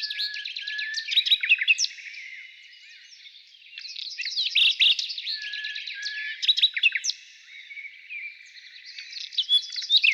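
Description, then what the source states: Nightingale song in varied phrases of rapid clicking notes, short trills and sharp whistles, with pauses between bursts. Recorded in the morning.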